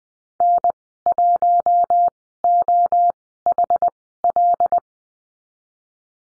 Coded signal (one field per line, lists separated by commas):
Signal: Morse code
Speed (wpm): 20 wpm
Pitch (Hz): 700 Hz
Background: none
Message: N1OHL